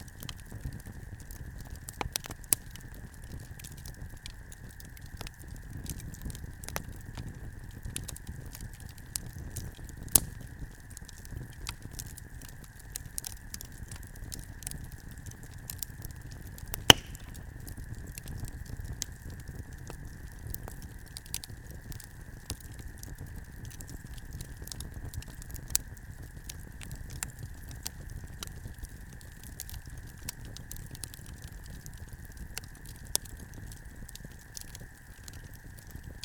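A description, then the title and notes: A campfire burns on a cool night, with frequent small pops and crackles scattered throughout and a few sharper snaps, the loudest near seventeen seconds. A soft low rumble underlies it, and a faint steady high tone hangs in the background. Late Night Campfire At Medicine Lake. This was recorded on a clear and cool summer night in the Hemlock Campground at Medicine Lake in Modoc National Forest, Siskiyou County, California. I was the only person there.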